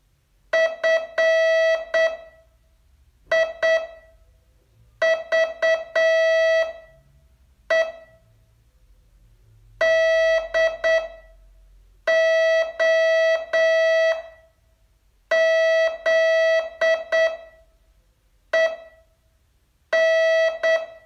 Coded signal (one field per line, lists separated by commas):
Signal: Morse code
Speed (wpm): 8 wpm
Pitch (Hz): 650 Hz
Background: none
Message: FIVE DOZEN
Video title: Learn Morse in 42 Days from VU2LAU - day 32 test